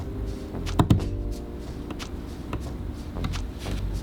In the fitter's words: it drop and then snap it into place